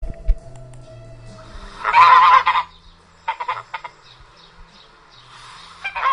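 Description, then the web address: Italian goose honking: one loud harsh nasal honk, then a short rough series of quieter honks and one more honk at the end, with a low hum and faint clatter in the background. Domestic breed. "oca domestica. oca italiana"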